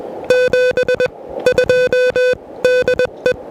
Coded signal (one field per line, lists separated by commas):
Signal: Morse code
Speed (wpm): 20 wpm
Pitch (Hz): 500 Hz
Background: music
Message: 72 DE